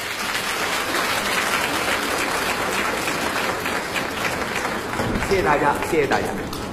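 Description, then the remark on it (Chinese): Sustained audience applause at a xiangsheng (crosstalk) show, welcoming military crosstalk artist Chang Guitian and his disciple Zhu Haitang to the stage: a dense steady wash of many hands clapping at a fairly loud level for the whole stretch, swelling slightly toward the end with a few brighter claps poking through. “接下来登场这位大伙儿更熟悉了，也是70余岁高龄的军旅相声表演艺术家常贵田老师，带着自己的得意门生朱海棠为我们带来精彩的演出，掌声有请二位。”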